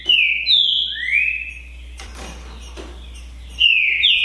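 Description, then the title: Green-winged saltator song: loud whistled phrases sliding down and up, a pause with a few clicks and knocks, then another bright slurred whistle. Song contest between two male trinca-ferros named Naval and Demolidor, 2022 season; birds calling, singing and giving the 'macheando' male dueling song in competition. "TRINCA Piando, Cantando E Macheando Na DISPUTA. DISPUTA DE TRINCA FERRO NAVAL VS DEMOLIDOR 2022! TEMPORADA 2022!"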